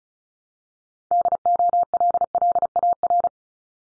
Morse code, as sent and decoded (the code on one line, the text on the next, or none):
-.. --- .-.. .-.. .- .-.
DOLLAR